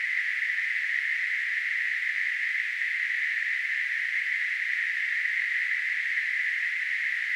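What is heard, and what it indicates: Simulated tinnitus: a steady, unbroken narrowband hiss centred near 2 kHz, constant in pitch and loudness throughout, with no low-frequency content.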